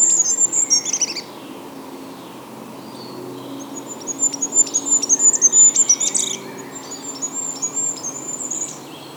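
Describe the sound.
Goldcrest singing: one brief, very high, needle-thin phrase, then a longer string of quick repeated high notes.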